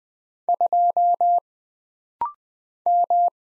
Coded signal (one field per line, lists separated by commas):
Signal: Morse code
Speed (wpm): 20 wpm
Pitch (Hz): 700 Hz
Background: none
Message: 2 M